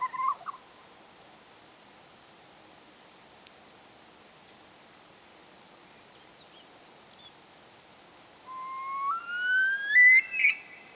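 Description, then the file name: Himalayan snowcock whistle: a brief note at the start, then a long pause, and finally a drawn-out whistle climbing in steps to a higher, wavering end, over faint hiss. "Himalayan Snowcock Tetraogallus himalayensis"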